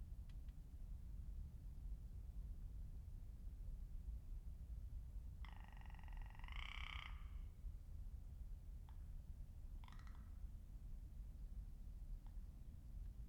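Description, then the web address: Rock ptarmigan gives a rough, croaking call of about one and a half seconds, then a shorter, fainter one, over steady low rumbling background noise, with a few faint clicks. Recorded on 13 April 2019 with a Lewitt LCT 540 S microphone. "2019 04 13 lewitt lct 540 s and rock ptarmigan"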